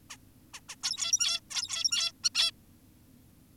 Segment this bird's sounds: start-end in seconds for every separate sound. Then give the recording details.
0.10-0.17, 0.54-0.60, 0.69-0.76, 0.83-1.40, 1.51-2.12, 2.24-2.30, 2.35-2.51. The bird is an adult. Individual g17y2U